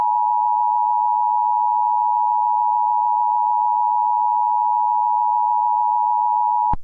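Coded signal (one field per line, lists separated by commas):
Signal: Emergency Alert System (SAME) tones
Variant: 853 and 960 Hz attention tone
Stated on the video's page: Fictional EAS mock for a chemical release evacuation, containing valid tones.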